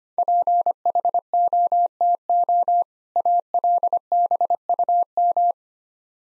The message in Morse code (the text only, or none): PHOTO ALBUM